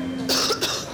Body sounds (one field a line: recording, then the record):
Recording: coughing mixed with background sound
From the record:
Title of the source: November cold (wet coughing)